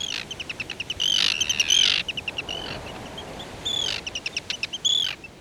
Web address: BIRD NOTE. Arctic Tern